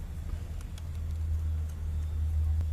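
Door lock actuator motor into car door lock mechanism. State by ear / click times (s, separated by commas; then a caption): not seated / none. On a Renault 9 Broadway, a door lock actuator motor is pushed again into the car door lock mechanism to replace it, heard as a steady low rumble with faint brief ticks near 0.6, 0.8 and 2.6 seconds. The motor has not seated or clicked into place yet, so it is to be adjusted from below.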